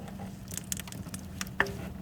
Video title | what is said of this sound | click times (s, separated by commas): 2013 Chevy Silverado 1500 Multiple misfire, multiple DTC fixed | pop i heard the click then you can twist it | 1.6 s